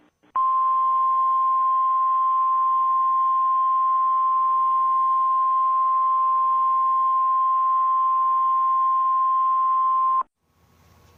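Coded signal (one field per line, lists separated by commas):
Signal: Emergency Alert System (SAME) tones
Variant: 1050 Hz attention tone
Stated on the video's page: Remake, not an original broadcast, of a Tarrant County severe thunderstorm warning.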